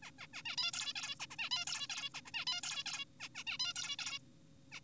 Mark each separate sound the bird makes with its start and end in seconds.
0.03-0.11, 0.19-0.27, 0.34-0.42, 0.46-0.56, 0.58-0.71, 0.73-0.94, 0.96-1.15, 1.20-1.26, 1.31-1.36, 1.39-1.50, 1.51-1.65, 1.67-1.87, 1.90-2.09, 2.15-2.21, 2.26-2.31, 2.34-2.45, 2.47-2.61, 2.63-2.84, 2.86-3.05, 3.20-3.29, 3.35-3.44, 3.47-3.58, 3.60-3.73, 3.76-3.96, 3.99-4.19, 4.72-4.80